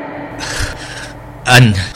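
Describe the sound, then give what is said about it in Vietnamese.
Weak, labored breathing of a woman: two soft, airy breaths drawn one after another, then a louder, strained gasp with a slight voiced catch, trailing into a faint exhale. “Nàng chỉ còn có thể thở rất yếu ớt.”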